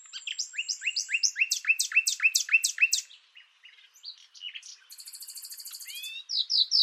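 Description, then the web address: Bird song made of a rapid, even series of paired downslurred chirps, followed by softer twitters, a buzzy trill and bright high notes. "Deverinetal 2025 File origin Bird Only"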